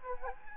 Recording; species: mosquito wingbeat signal from an infrared sensor; Anopheles gambiae